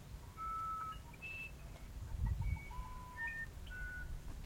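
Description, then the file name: Musician wren: sweet, pure whistles alternating high and low, over steady low-frequency noise. "uirapuru"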